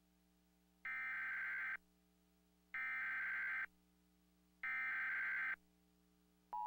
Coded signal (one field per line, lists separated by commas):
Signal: Emergency Alert System (SAME) tones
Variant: header bursts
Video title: KPTV/FOX 12 Oregon Emergency Alert System Test (and part of KATU)